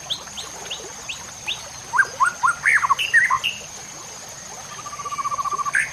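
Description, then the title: White-rumped shama singing thin notes, then loud, varied whistled phrases, ending with a fast rattling trill and a final whistle, with a constant high-pitched hum behind. Masteran (training recording for cage birds), murai batu Labaik. "MASTERAN MURAI BATU LABAIK"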